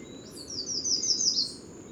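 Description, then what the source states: Yellow Warbler song, a rapid series of high, thin, slurred notes, over faint low background noise. Guadeloupe, November, outside the usual singing season; lemon-yellow bird keeping to shrub height and high hedges, hard to see in foliage.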